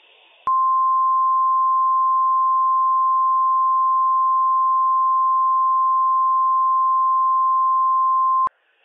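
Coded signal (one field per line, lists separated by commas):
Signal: Emergency Alert System (SAME) tones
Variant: 1050 Hz attention tone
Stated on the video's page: Required Weekly Test from the National Weather Service in Pendleton, Oregon, for seven Washington counties, relayed on NOAA Weather Radio station WWF56.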